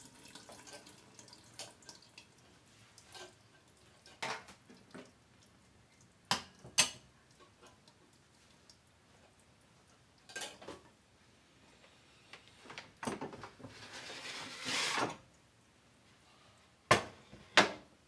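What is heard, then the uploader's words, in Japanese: Cabbage-yaki being made at a street stall, heard through kitchen clatter: sharp metal clanks and taps of utensils on a griddle come in scattered bursts. Around fourteen seconds a brief hissing sizzle swells, over a quiet, steady background murmur. 大阪名物キャベツ焼き。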